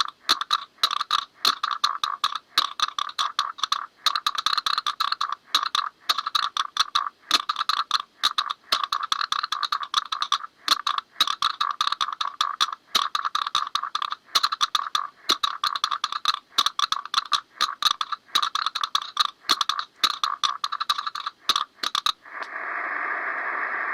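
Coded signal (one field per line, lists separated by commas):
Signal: Hellschreiber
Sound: fast buzzy rattling bursts of a keyed tone, like a chattering machine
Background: radio hiss at end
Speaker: next is a conversation between us and another station using the Hell gber mode note that CQ means calling all stations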